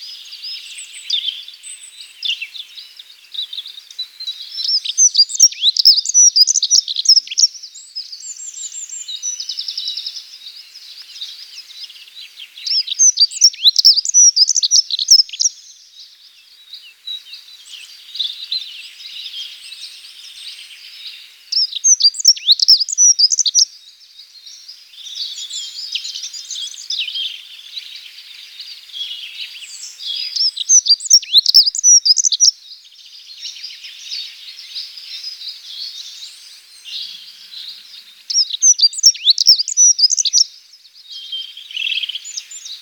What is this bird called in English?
Dunnock